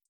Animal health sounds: hydrophone in a shrimp aquaculture tank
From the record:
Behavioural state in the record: feeding

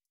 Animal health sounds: hydrophone in a shrimp aquaculture tank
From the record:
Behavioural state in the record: starved

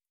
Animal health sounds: hydrophone in a shrimp aquaculture tank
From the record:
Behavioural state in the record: starved

